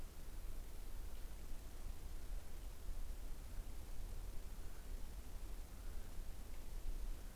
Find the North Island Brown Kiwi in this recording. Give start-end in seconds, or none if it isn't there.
3.05-7.35